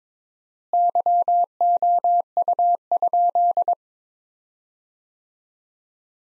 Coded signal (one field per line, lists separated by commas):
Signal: Morse code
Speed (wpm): 22 wpm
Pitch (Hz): 700 Hz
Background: none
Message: YOU?